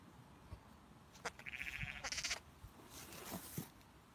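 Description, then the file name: Sheep: a lamb giving a short wavering bleat, followed by quieter rustling noises. Young lamb bleating. "Cute baby lamb bleating - Baby lamb makes baaing sounds"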